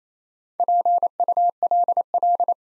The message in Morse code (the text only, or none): PULL